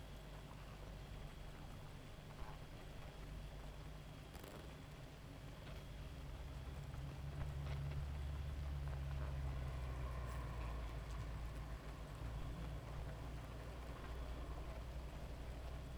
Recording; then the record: honeybee colony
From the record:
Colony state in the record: active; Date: 28 July 2017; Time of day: 1:39